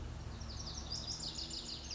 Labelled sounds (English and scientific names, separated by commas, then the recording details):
Lazuli Bunting (Passerina amoena)
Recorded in Sonoma County, California